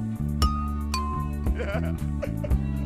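A strange doorbell sound effect: a loud, buzzy low drone stepping between notes like a crude melody, punctuated by sharp clicks about twice a second, with a bleating quality and no talking.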